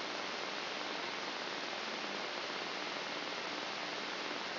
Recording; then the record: brain microelectrode recording played as sound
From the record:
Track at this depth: inside the subthalamic nucleus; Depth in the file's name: 2.235 mm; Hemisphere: left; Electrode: 3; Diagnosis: Parkinson's disease